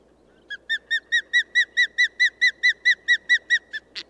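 Bird song: a steady run of about fifteen clear, arched whistled notes, evenly spaced and quickly repeated, ending in a short harsh burst.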